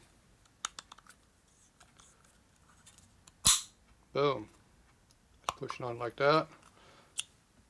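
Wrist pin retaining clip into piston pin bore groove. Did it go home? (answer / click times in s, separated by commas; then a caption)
yes / 7.2 s. During a rebuild of a 1946 Harley Knucklehead 84ci stroker engine, a wire retaining clip (circlip) is pushed into the groove of a steel piston's wrist pin bore. Light ticks and a sharp burst near 3.5 s are heard while someone talks, and the clip pops into the groove with a crisp click at 7.2 s, confirming it is seated.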